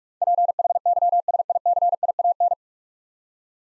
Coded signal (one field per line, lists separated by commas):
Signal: Morse code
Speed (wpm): 46 wpm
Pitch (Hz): 700 Hz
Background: none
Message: PHYSICIAN